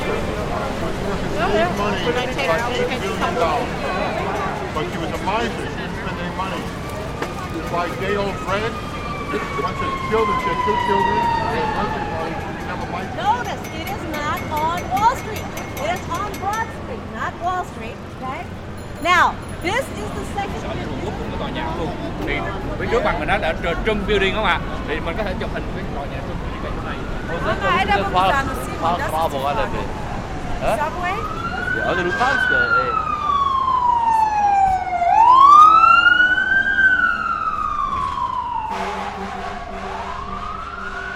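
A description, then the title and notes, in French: A shop on Coney Island, New York, with voices talking steadily over a low crowd murmur throughout. A siren rises and falls faintly midway, then grows loud and sweeps repeatedly in the last fifteen seconds, with occasional clicks and clatter between. Soundscape of New-York. Avril 2018. Une boutique de Coney Island.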